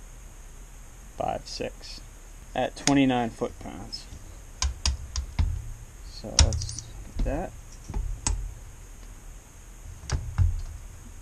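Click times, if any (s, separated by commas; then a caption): none. A click-type torque wrench tightens the cylinder head bolts of a Yamaha Warrior quad in sequence toward 29 ft-lb while someone talks. Sharp ratcheting hits sound around 4.6 to 5.4 s, at 8.3 s and around 10.1 to 10.4 s. The wrench has not clicked yet because the bolts are being brought down evenly in stages.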